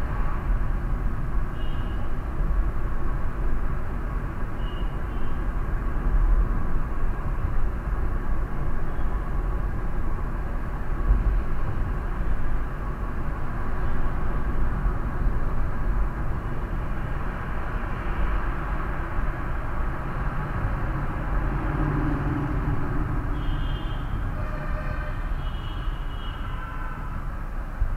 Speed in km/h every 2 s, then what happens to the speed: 53, 52, 52, 50, 50, 51, 53, 49, 52, 53, 50, 28, 18, 16.
0-19 steady at about 52. 19-28 brakes to 16.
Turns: none.